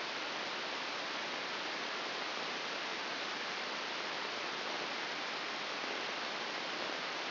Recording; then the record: brain microelectrode recording played as sound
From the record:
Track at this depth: outside the subthalamic nucleus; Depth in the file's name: 6.398 mm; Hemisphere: left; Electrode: 2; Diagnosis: Parkinson's disease